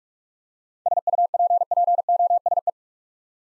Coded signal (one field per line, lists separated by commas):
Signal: Morse code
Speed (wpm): 44 wpm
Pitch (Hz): 700 Hz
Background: none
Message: SUPPOSE